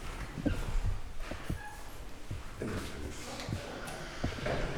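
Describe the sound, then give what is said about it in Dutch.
Footsteps climbing stairs to the fourth floor of a book fair venue in Amsterdam, a steady series of dull thuds roughly every half second to second, heard over a continuous murmur of background noise with no clear talking. “Nou, dit is wel een stukje lopen.”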